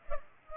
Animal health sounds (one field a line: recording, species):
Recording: mosquito wingbeat signal from an infrared sensor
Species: Culex pipiens